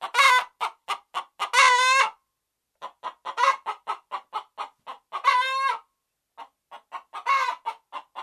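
Red junglefowl clucking, with sharp clucks repeated in quick series and broken by a few drawn-out, harsh calls.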